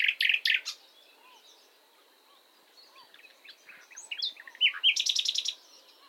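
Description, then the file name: Common nightingale delivering harsh pulsed notes, a pause with soft twittering, then varied short notes leading into a fast, loud repeated trill. "Luscinia megarhynchos"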